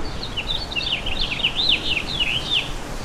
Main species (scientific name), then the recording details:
Haemorhous mexicanus. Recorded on Long Island, New York, on 11 June 2012. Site OP. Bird A